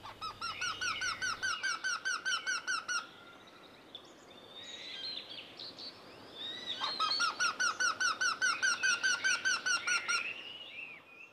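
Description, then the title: Eurasian wryneck calling in rapid, even runs of nasal repeated notes, two series separated by a gap filled with other birdsong. "Käenpiika"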